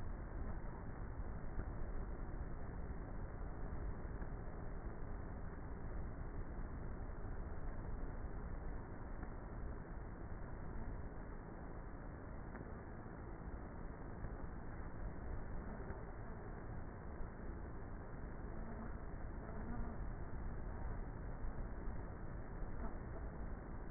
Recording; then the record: honeybee colony, microphone inside the hive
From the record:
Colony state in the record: queenless with a low population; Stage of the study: before two queens were removed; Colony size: about 30,000 bees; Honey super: no